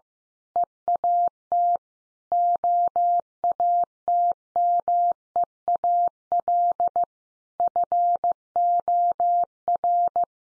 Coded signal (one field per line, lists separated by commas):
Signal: Morse code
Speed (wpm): 15 wpm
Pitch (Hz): 700 Hz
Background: none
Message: EAT OATMEAL FOR